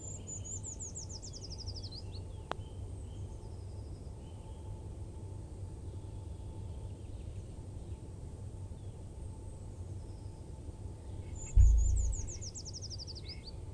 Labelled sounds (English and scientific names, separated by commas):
Eurasian Nuthatch (Sitta europaea) song